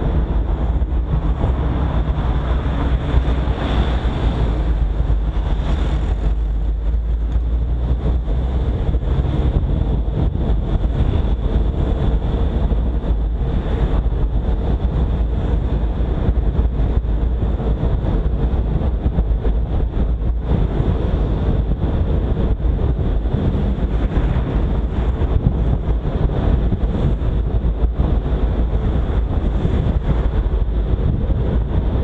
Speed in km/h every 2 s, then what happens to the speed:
39, 34, 32, 37, 41, 45, 46, 49, 49, 49, 50, 47, 48, 49, 51, 49.
0-4 slows to 32. 4-14 speeds up to 49. 14-32 steady at about 49.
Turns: none.